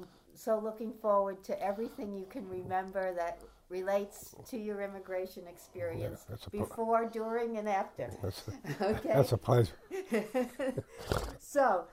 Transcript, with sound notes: I'm so looking forward to everything you can remember that relates to your immigration experience before, during and after. ( they laugh )
That's a prize.
So.